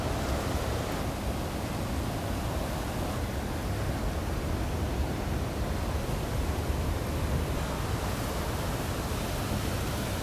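Steady sea sound recorded from the shore, a dense, even wash of water noise that holds at the same level for the whole stretch. The roar is weighted low and full, with a softer hiss above and no distinct waves breaking or other sounds standing out.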